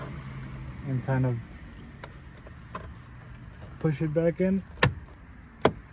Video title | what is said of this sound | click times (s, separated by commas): Chasing Ambient Lighting Kit Full Installation 2018 honda accord sport | I heard click twice, so I should be good to go. | 4.8 s, 5.6 s